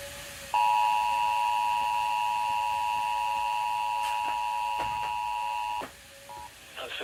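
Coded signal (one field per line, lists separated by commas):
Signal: Emergency Alert System (SAME) tones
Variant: 853 and 960 Hz attention tone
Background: speech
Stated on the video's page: Received EAS alerts.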